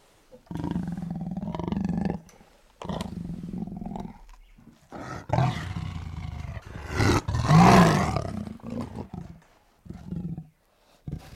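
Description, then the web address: Tiger roaring in separate bouts: deep moaning roars with a harsh rasp, the loudest a gruff blast about two-thirds through, with short gaps between. "big cats|tigers"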